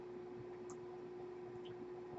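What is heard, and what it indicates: A steady, low mechanical hum with a constant tone and a faint hiss holds at an even level. No breath-by-breath cycling stands out in this short stretch. It is the running noise of a home mechanical ventilator in the background.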